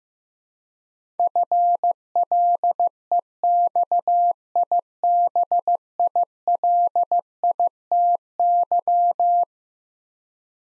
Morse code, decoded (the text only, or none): FLEXIBILITY